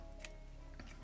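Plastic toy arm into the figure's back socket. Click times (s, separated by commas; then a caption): 0.2 s, 0.8 s. The first arm of a plastic Transformers Age of the Primes Micronus Prime transforming figure is plugged into a socket on the figure's back. Two short, sharp plastic clicks are heard at 0.3 s and 0.8 s over a steady low background hum, and the arm is seated in place.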